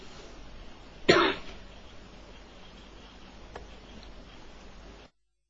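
A single harsh cough bursts out over a low background hiss, followed by several seconds of quiet with only a faint, brief throat-clearing sound afterward. No one speaks.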